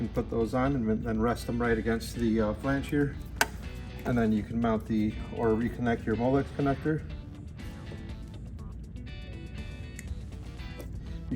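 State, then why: Seated. Over background music, someone talks while a Molex wiring connector is pushed onto the replacement Pitco Solstice fryer controller board. After the talking stops, a brief sharp snap is heard at about 10.0 s as the connector seats in place.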